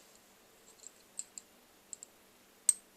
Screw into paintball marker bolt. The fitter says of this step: Like that. I just heard it click, so I know I'm not going to cross thread it,